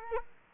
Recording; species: mosquito wingbeat signal from an infrared sensor; Culex quinquefasciatus